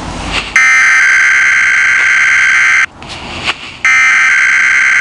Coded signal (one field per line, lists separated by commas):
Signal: Emergency Alert System (SAME) tones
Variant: header bursts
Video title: Weather Radio EAS No 39 & 40 Required Weekly and Monthly Tests